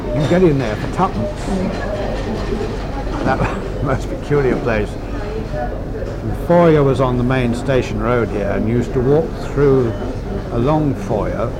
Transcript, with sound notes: You'd go in there for tuppence. That was, [laughs] the most peculiar place. The foyer was on the main Station Road here and you used to walk through a long foyer,